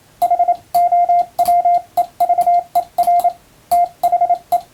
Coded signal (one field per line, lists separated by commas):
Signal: Morse code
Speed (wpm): 28 wpm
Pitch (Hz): 700 Hz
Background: radio noise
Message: HOWEVER THE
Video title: 毎日モールスの受信練習をしよう！普通文の欧文モールス符号をエレキーで打ってみました！ちょっと早いですがYouTubeの再生速度を調整して自分の好みの速さで聴こう morse code practice